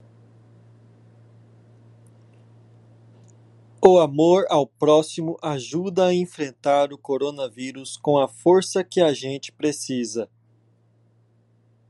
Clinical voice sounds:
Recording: spoken sentence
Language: Brazilian Portuguese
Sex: male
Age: 20 to 29 years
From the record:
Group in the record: control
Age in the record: 26 years

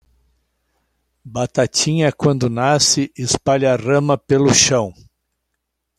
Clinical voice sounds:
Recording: short text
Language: Brazilian Portuguese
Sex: male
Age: 60 to 69 years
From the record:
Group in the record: control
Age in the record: 68 years

